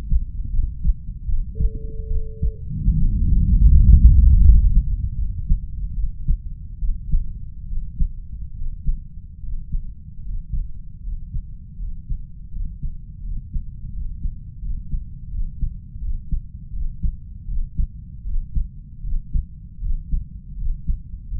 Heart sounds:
heart sounds by stethoscope; 78 bpm
0.50 s: heartbeat
1.25 s: heartbeat
2.07 s: heartbeat
2.94 s: heartbeat
3.70 s: heartbeat
4.41 s: heartbeat
5.15 s: heartbeat
5.94 s: heartbeat
6.79 s: heartbeat
7.67 s: heartbeat
8.55 s: heartbeat
9.41 s: heartbeat
10.23 s: heartbeat
11.01 s: heartbeat
11.77 s: heartbeat
12.50 s: heartbeat
13.21 s: heartbeat
13.91 s: heartbeat
14.59 s: heartbeat
15.29 s: heartbeat
15.99 s: heartbeat
16.71 s: heartbeat
17.46 s: heartbeat
18.23 s: heartbeat
19.01 s: heartbeat
19.79 s: heartbeat
20.55 s: heartbeat
21.29 s: heartbeat
From the record:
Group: healthy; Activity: rest 0-4 s, breath hold 4-21 s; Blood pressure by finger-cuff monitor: 113/60 mmHg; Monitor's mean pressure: 74 mmHg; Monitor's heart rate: 77 bpm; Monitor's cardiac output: 5.2 L/min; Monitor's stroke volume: 68 mL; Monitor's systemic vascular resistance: 870 dyn s/cm5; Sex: female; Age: 32 years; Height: 168 cm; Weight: 61.9 kg

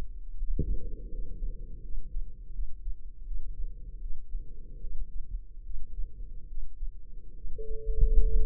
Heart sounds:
heart sounds by microphone in the left ear; 76 bpm
0.37 s: heartbeat
1.09 s: heartbeat
1.80 s: heartbeat
2.50 s: heartbeat
3.22 s: heartbeat
3.99 s: heartbeat
4.78 s: heartbeat
5.62 s: heartbeat
6.46 s: heartbeat
7.33 s: heartbeat
8.22 s: heartbeat
From the record:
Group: healthy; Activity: Valsalva maneuver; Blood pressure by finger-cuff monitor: 107/64 mmHg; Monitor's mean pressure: 83 mmHg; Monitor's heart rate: 82 bpm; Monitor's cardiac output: 6.5 L/min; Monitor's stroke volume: 77 mL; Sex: female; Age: 32 years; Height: 172 cm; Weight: 71.7 kg

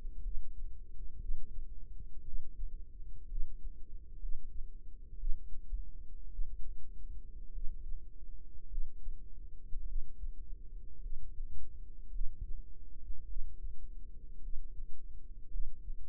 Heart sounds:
heart sounds by microphone in the right ear; 55 bpm
0.22 s: heartbeat
1.19 s: heartbeat
2.24 s: heartbeat
3.29 s: heartbeat
4.20 s: heartbeat
5.18 s: heartbeat
6.30 s: heartbeat
7.53 s: heartbeat
8.69 s: heartbeat
9.86 s: heartbeat
11.01 s: heartbeat
12.12 s: heartbeat
13.27 s: heartbeat
14.41 s: heartbeat
15.50 s: heartbeat
From the record:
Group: healthy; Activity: rest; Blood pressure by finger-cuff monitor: 104/63 mmHg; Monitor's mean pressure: 77 mmHg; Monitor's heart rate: 53 bpm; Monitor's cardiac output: 5 L/min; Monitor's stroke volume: 90 mL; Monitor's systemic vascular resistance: 1110 dyn s/cm5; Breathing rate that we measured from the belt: 17 breaths a minute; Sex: female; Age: 28 years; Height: 170 cm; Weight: 77 kg

